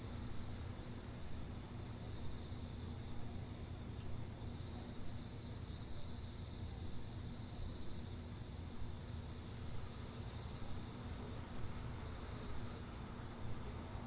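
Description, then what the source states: Cicadas drone in an unbroken high-pitched hum, steady and even, with a low background rumble underneath. Countryside soundscape.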